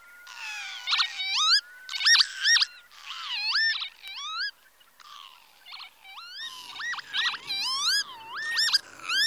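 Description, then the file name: Northern lapwing calling repeatedly in a busy series of wheezy, slurred notes, many sweeping upward, in bursts with short gaps; a low rumble of background noise enters later on. "Tofsvipa"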